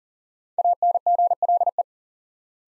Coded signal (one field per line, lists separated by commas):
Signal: Morse code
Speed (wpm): 40 wpm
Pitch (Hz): 700 Hz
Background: none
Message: ANGLE